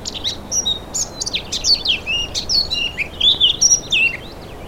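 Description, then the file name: Eurasian blackcap singing a continuous, rich warble of rapid chirps blending into loud, fluty descending whistles. "Sylvia atricapilla"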